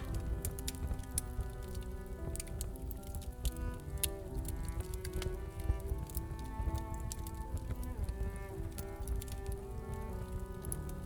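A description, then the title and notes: A fireplace crackles steadily under soft, sustained music, its sharp pops and snaps scattered densely and irregularly throughout. The music holds long, mellow notes in the low and middle range, drifting slowly between chords while the fire's bright clicks sit on top. Fall asleep with the sound of a fireplace accompanied by beautiful music.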